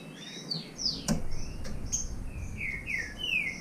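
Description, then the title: Green-winged saltator song: falling whistled slurs with a sharp knock partway through, then three loud descending whistles near the end over low rumbling noise. Bird named Nicão in the bush (mato), competing in song with a free bird. "Trinca Ferro NICÃ O"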